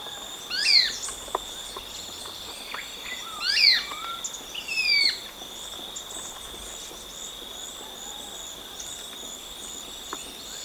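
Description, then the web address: Marañon spinetail calling three times in the first five seconds, each a quick descending slurred note, above a constant high-pitched hum. Recorded in Ecuador. "Natures Songs S America Birds of Ecuador Marañon Spinetail"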